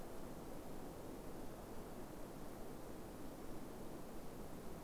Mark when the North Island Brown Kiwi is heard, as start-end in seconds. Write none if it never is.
none